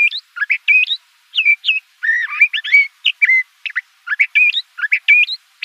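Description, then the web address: Le Conte's thrasher delivering rapid varied phrases of rising and falling whistled notes, mostly high, separated by short pauses. Arizona. "Sound Library Mimids AZFO LCTH deviche 011004"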